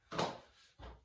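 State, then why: Seated. The plastic articulated arm of an S.H. MonsterArts King Ghidorah Special Colour Version figure display stand is moved through its ratchet joint, giving a sharp click at 0.2 s and a second softer burst of sound near 0.8 s. The arm clicks into place so it holds the figure's weight without flopping down.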